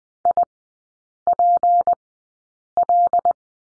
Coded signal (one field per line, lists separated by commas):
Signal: Morse code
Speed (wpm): 20 wpm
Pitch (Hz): 700 Hz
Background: none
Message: IPL